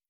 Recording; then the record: hydrophone in a shrimp aquaculture tank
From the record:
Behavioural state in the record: starved